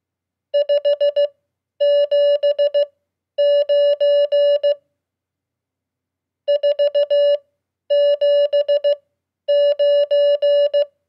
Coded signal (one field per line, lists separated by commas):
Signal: Morse code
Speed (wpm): 16 wpm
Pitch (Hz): 580 Hz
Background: none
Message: 579 479